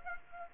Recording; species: mosquito wingbeat signal from an infrared sensor; Aedes aegypti